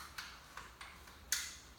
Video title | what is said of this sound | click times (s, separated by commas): Hunter Phillips Acoustic Ceiling Grid | Same thing for this side, click in, and it will go just like that. | 1.3 s